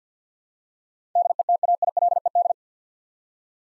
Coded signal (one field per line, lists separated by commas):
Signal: Morse code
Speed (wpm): 50 wpm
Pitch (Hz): 700 Hz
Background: none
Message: DETAILED